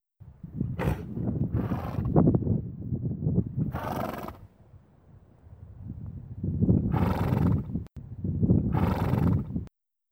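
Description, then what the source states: Horse blowing, several forceful, noisy exhalations through the nose in bursts, with short gaps between them. Short, forceful exhalation of air through the nose, commonly heard around barns; can be exploratory, investigating smells, or alert herd mates; also seen in wild or feral horses; common and not necessarily bad.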